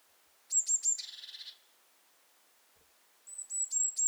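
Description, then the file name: Eurasian blue tit call: sharp high tsee notes leading into a brief buzzy churr, then a pause and another run of thin high notes. "Cyanistes caeruleus"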